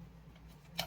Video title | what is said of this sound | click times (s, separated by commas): 🔥 WOW! Tech Talk with Tech Albert 🔥 - 2025 🇺🇸 | and it locks into place. It's pretty cool. | 0.8 s